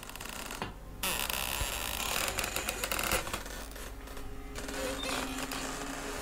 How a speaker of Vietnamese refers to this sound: Lão thọc cái xà beng đầy bùn đất vào cái khe của cái nắp hòm mà bắt đầu cậy. Cái tiếng kêu lên ken két đến rợn người.